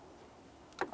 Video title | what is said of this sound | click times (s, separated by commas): How to Replace Combination Switch 2007-2017 Jeep Patriot | Press it in. Listen for an audible click. | 0.8 s